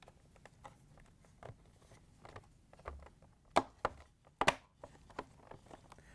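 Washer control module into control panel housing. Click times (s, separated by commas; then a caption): 3.6 s, 3.9 s, 4.4 s. A Samsung DC92-01022B washer control module is pressed down into the plastic control panel housing so its tabs lock it in, with soft handling taps before sharp clicks at 3.6, 3.9 and 4.4 seconds. The module ends up snapped securely into place.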